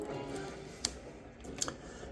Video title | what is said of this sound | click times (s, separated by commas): Beast Wars Silverbolt Legacy United - Transformers Tuesdays review | you're going to take this uh folding down it's just going to snap right into that right there | 0.8 s